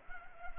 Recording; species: mosquito wingbeat signal from an infrared sensor; Culex pipiens